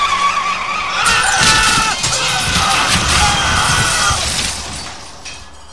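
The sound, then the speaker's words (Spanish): A car's tires squeal in a sustained skid, then loud crashing, scraping and shattering impacts tumble over several seconds as the vehicle crashes and rolls, before fading to quiet. “Instantes después, el auto volcó, dando varias vueltas.”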